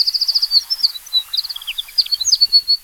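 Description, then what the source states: Yellow-fronted Canary song: a rapid run of high, clear repeated notes, then varied warbled phrases and chirps, continuing throughout. Small, mostly yellow bird native to sub-Saharan Africa; often heard singing near towns and cities.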